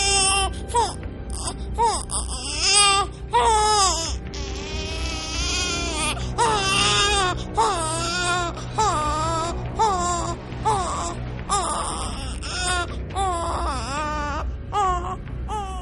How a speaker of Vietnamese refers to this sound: Nào ngờ con quái bị đập đầu xuống đất vẫn chưa chết, lăn mấy vòng trên mặt đất rồi bỗng ngẩng cái đầu to nhảy nhụa những máu với thịt, ra sức gào khóc, tiếng khóc chói tai nghe mà nẫu cả ruột cả gan.